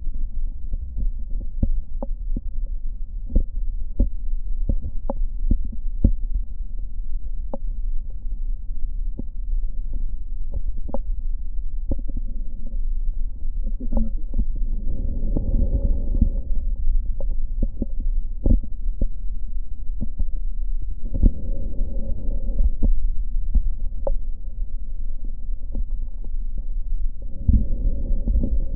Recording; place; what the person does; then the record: lung sounds by stethoscope; right posterior basal chest; quiet breathing, then deep breathing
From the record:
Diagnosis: none (healthy); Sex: male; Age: 35 years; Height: 186 cm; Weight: 108 kg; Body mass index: 31.2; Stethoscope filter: diaphragm mode